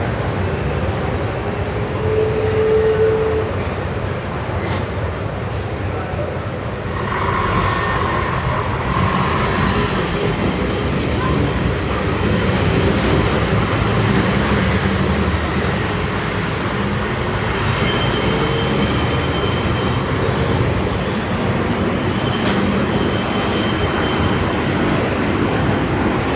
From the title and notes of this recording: Via Moscova, Milano (Evening). Recorded in Milan, Italy, on via della Moscova, overlooking Largo la Foppa.